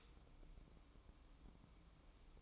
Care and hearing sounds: daily activity, microphone in the room; stop toaster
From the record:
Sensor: 1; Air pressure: 1007.3 hPa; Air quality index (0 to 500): 79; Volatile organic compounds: 1 ppm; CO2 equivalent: 685 ppm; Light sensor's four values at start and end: 7/18/7/8 and 7/18/7/8

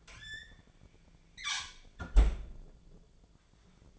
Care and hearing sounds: daily activity, microphone in the room; close fridge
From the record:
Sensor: 5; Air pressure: 1009.7 hPa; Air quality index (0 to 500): 163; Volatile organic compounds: 4 ppm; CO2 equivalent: 1588 ppm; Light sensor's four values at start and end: 106/274/114/121 and 105/272/112/120

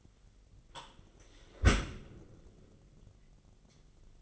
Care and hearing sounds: daily activity, microphone in the room; close dishwasher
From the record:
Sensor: 4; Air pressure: 999.2 hPa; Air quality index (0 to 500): 122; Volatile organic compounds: 2 ppm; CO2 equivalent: 1204 ppm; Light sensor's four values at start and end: 8/18/7/8 and 7/18/7/8

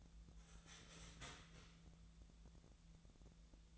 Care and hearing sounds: daily activity, microphone in the room; start toaster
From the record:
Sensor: 3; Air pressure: 1000.3 hPa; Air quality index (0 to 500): 158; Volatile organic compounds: 3 ppm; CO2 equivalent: 1390 ppm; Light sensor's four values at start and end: 35/90/38/41 and 35/89/37/40

